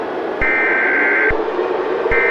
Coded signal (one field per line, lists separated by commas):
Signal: Emergency Alert System (SAME) tones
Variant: header bursts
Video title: [Tornado EAS Scenario] A Nightmare in monsoon season